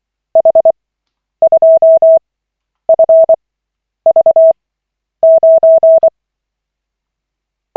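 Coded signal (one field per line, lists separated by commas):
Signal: Morse code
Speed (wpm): 24 wpm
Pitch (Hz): 650 Hz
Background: none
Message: H2FV9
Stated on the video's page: Koch method Morse practice session, lesson 28 of 40, from an online trainer.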